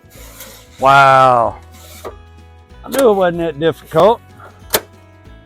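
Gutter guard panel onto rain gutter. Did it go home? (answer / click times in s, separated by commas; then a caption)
yes / 4.7 s. A plastic LEAFTEK leaf-guard panel is pressed onto the edge of a rain gutter while someone talks. It gives one sharp snap at 4.7 s as it seats into place.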